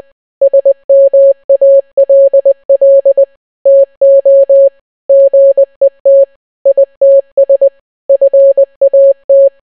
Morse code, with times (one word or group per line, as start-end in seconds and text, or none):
0.4-3.2 SMALL
3.7-4.7 TO
5.1-6.2 GET
6.7-7.7 ITS
8.1-9.5 FAT